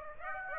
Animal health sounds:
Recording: mosquito wingbeat signal from an infrared sensor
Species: Aedes aegypti

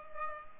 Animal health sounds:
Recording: mosquito wingbeat signal from an infrared sensor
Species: Culex pipiens

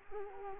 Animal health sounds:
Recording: mosquito wingbeat signal from an infrared sensor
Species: Culex quinquefasciatus

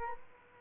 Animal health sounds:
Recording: mosquito wingbeat signal from an infrared sensor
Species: Culex quinquefasciatus

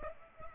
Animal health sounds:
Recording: mosquito wingbeat signal from an infrared sensor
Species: Aedes aegypti

